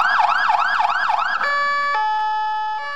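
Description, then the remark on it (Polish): A loud fire engine siren wails in four quick rising-and-falling sweeps as firefighters drive to a fire, then switches to steady, buzzy held tones that step to a lower pitch. No voices are heard. “Czym prędzej wsiąść do samochodu i udać się na miejsce pożaru.”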